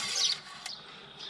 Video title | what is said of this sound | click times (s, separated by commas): How to service a *JEEP WRANGLER 2.8 CRD* the EASY WAY!! | that's it all the way in that's it make sure it clicks down | 0.7 s